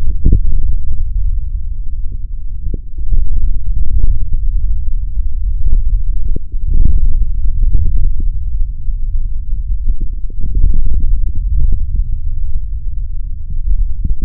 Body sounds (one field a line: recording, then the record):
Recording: forearm muscle sounds (acoustic myography)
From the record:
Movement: tripod grip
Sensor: system 3, bracelet of six PUI Audio POM-2738L microphones around the upper forearm, with dedicated amplification and filtering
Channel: 1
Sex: male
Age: 23 years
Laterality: right